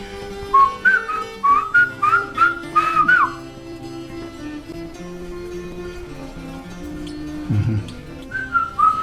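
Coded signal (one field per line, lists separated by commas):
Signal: whistled language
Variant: Mazatec whistled speech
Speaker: este experimento se trata de evidenciar el uso cotidiano del lenguaje silbado mientras un hablante le da instrucciones a otro de cómo llegar a un lugar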